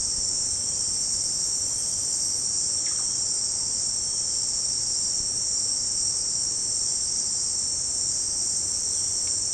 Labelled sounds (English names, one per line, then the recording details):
none
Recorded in pastures near Puerto Asís, Putumayo, Colombia, on 29 June 2025 at 17:00
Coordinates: 0.496, -76.326
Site GP01